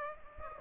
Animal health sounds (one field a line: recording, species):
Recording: mosquito wingbeat signal from an infrared sensor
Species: Aedes aegypti